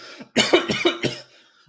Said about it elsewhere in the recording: I started coughing when I started this recording bit.